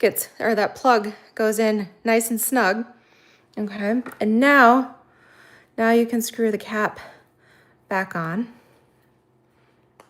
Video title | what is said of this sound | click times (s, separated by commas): SU! Peaceful Garden Cards/ How to Use a Sponge Dauber to Highlight Embossing & Refill Wink of Stella | Okay, make sure it clicks. | 10.0 s